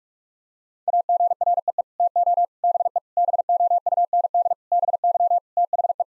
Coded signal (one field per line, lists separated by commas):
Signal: Morse code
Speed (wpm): 46 wpm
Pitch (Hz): 700 Hz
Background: none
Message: AGREE TO BE BOUND BY THE